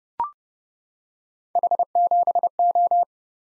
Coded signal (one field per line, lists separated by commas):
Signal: Morse code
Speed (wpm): 30 wpm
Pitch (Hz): 700 Hz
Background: none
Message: H7O